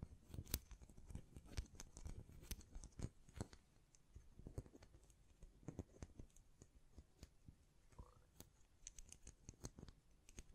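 Tapping, scratching and hand sounds against a microphone come as a busy run of sharp clicks and brushing strokes. The taps land irregularly, several per second, with a few louder knocks near the start. Softer rubbing fills the gaps throughout.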